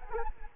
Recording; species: mosquito wingbeat signal from an infrared sensor; Culex quinquefasciatus